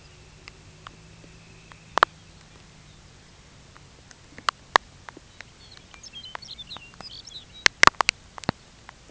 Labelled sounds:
Dunlin
Pectoral Sandpiper
Lapland Longspur
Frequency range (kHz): Dunlin 1.6-3.1 kHz; Pectoral Sandpiper 0.2-0.8 kHz; Lapland Longspur 2.0-7.3 kHz
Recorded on Arctic tundra, site UTQI-5, on 13 June 2019
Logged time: 16:00

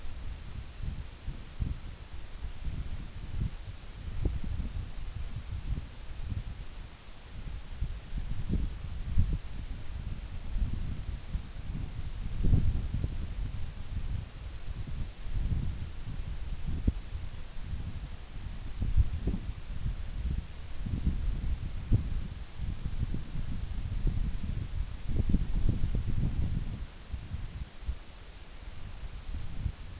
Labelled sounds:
none
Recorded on Arctic tundra, site NAIT-1, on 24 June 2019
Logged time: 04:00

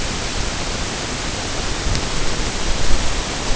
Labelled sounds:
none
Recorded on Arctic tundra, site NAIT-1, on 22 June 2018
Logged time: 15:00

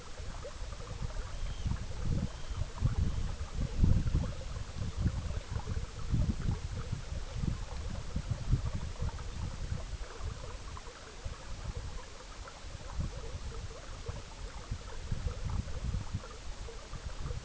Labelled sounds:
Arctic Tern
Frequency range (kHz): Arctic Tern 2.2-4.3 kHz
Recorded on Arctic tundra, site EABA-MC, on 19 June 2019
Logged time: 22:00

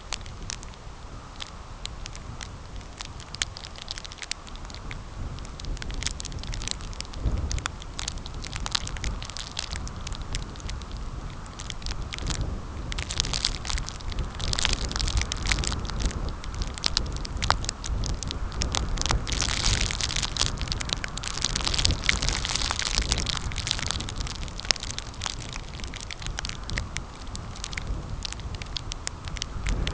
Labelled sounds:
none
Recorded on Arctic tundra, site CORI-1, on 15 June 2018
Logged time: 10:00

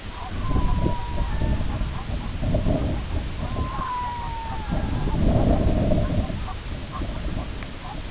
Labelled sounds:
Red-throated Loon
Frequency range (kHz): Red-throated Loon 0.2-2.4 kHz
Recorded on Arctic tundra, site IGLO-B, on 21 June 2018
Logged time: 07:59

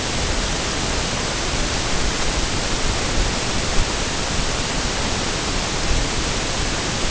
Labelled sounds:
none
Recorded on Arctic tundra, site NAIT-1, on 22 June 2018
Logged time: 15:00

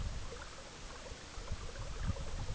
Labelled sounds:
none
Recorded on Arctic tundra, site EABA-MC, on 19 June 2019
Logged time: 22:00

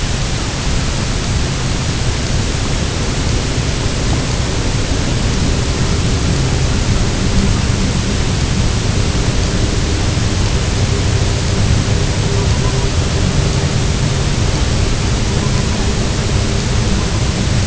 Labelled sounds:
Herring Gull
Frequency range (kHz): Herring Gull 0.1-1.4 kHz
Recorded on Arctic tundra, site UTQI-0, on 23 June 2018
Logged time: 06:00

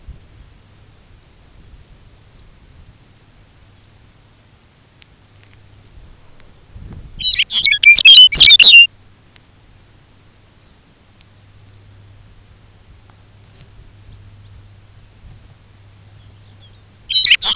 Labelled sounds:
unidentified sound
Lapland Longspur
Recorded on Arctic tundra, site UTQI-5, on 19 June 2019
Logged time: 22:00

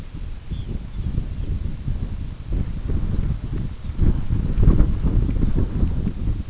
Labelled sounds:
Red Phalarope
unidentified sound
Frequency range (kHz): Red Phalarope 2.8-4.0 kHz
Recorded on Arctic tundra, site UTQI-5, on 25 June 2018
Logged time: 18:00

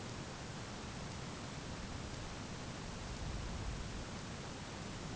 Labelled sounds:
none
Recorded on Arctic tundra, site ZACK-1, on 12 June 2019
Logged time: 05:49

